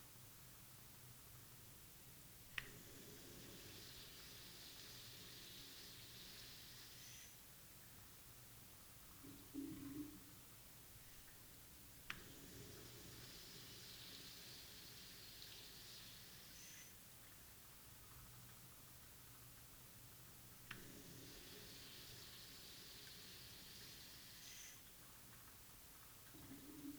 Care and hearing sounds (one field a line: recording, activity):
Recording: daily activity, guitar pickup as the sensor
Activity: flush